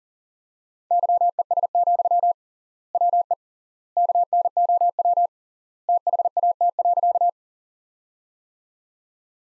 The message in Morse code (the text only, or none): YES, WE KNOW THAT.